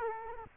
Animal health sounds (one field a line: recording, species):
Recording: mosquito wingbeat signal from an infrared sensor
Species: Culex quinquefasciatus